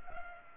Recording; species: mosquito wingbeat signal from an infrared sensor; Culex pipiens